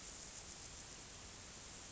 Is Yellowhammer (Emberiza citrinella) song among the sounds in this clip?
no